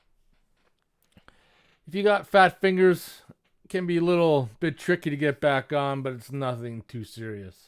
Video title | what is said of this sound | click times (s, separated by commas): 2017 VW Jetta 1.4 tsi How to change Spark Plugs | properly when you push them on and you'll hear like a little click noise that rear ones | 1.3 s